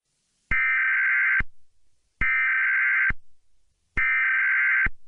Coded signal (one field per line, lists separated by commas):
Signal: Emergency Alert System (SAME) tones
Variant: header bursts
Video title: EAS Scenario - Apocalyptic Weather